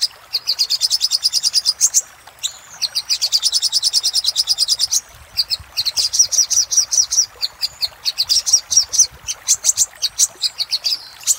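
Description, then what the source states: Little spiderhunter song: long bursts of rapid, high, sharp chips, some runs slurring into fast trills, pausing briefly between phrases. Master song for training cage birds; labaik variant.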